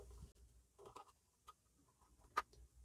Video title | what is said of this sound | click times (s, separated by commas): Huawei 4G Router 2 Pro 3 Wi-Fi 1200Mbps Review B316-855 | and then you can press it in until you hear a click so as you can see it is now inserted so | 2.4 s